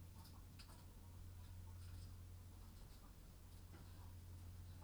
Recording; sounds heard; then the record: poultry house recording; sick chickens (respiratory disease)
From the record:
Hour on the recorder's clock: 21